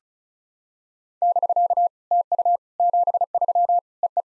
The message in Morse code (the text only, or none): <BK> TU 73 EE